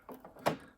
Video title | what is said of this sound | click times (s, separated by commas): Coway AP-1512HH Mighty Air Purifier - Comprehensive Review | put this filter back in here and it just clicks into place | 0.1 s, 0.2 s